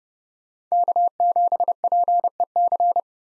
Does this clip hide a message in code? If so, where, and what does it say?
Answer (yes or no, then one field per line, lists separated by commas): yes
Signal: Morse code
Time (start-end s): 0.7-3.0 s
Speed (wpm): 38 wpm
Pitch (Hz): 700 Hz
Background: none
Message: K7PEC